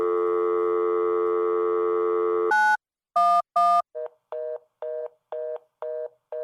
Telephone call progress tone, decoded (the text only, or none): dial tone